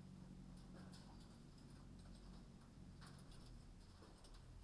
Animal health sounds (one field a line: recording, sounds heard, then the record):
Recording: poultry house recording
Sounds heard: no chicken sound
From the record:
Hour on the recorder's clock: 21